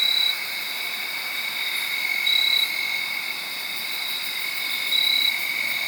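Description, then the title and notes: Crickets trilling continuously in a high, shimmering chorus; a louder chirp rises out of it every two to three seconds. Made around midnight, late Saturday night into Sunday morning, under a tree in Sharon, Pennsylvania. "Crickets (field recording). late on Saturday night/Sunday morning. The location was in Sharon, Pennsylvania, under a tree. around 12:00 in the morning"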